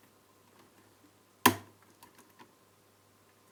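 During repair of a Samsung LE32A550P1R TV that will not turn on, a small circuit board is fitted back into its place in the TV chassis. One sharp, loud hit comes at 1.5 s with a short decaying tail, followed by a few faint ticks over a quiet steady hum. The board has seated in place.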